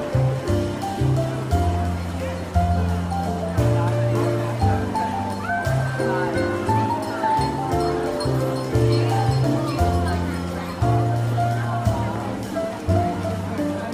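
Jazz piano plays a steady, flowing tune over a market murmur. A walking bass line moves note to note about every half second beneath brighter chords and short melodic runs. Volume stays even, with a soft bed of chatter throughout.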